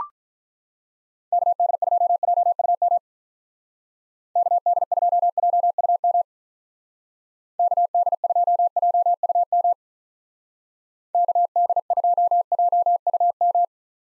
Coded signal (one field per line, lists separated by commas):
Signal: Morse code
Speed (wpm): 44 wpm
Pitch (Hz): 700 Hz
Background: none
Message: KD2JUM KD2JUM KD2JUM KD2JUM